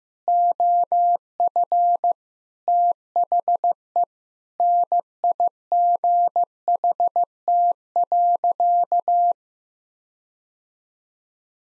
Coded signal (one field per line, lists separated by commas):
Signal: Morse code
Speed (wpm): 15 wpm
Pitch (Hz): 700 Hz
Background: none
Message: OF THE NIGHT.